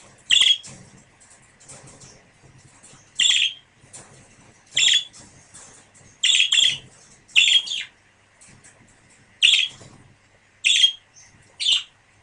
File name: suara pasangan parkit. omkicau